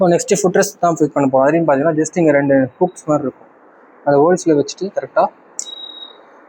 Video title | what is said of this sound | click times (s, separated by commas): Electric Recliner Wheelchair - Foldable Reclinable Motorized Wheelchair @aeoncare-in | இந்த மாதிரி lock பண்ணிங்கன்னா லாக் ஆகிடும். | 5.6 s